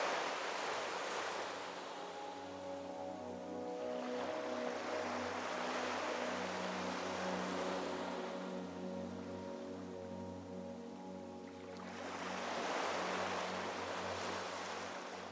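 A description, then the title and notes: Waves wash in broad, hissing swells, rising around the start, again near five seconds, and most strongly near thirteen seconds. Under the surf runs a steady low droning hum, like an idling boat engine, that stays constant throughout. The sound of soothing waves.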